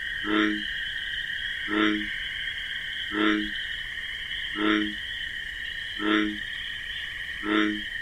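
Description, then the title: Bullfrog croaking six times in an even, regular rhythm, with crickets trilling steadily in the background. Wetland at night among marsh grasses, bullfrog's deep 'jug-o-rum' call amid a continuous chorus of chirping crickets. "Bullfrog Sound. The Wondrous Wetlands"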